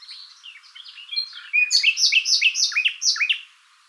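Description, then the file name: Common nightingale song: quiet twittering notes swell into a loud, rapid run of repeated rich descending chirps, then stop. "Luscinia megarhynchos"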